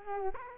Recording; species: mosquito wingbeat signal from an infrared sensor; Culex quinquefasciatus